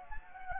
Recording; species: mosquito wingbeat signal from an infrared sensor; Anopheles gambiae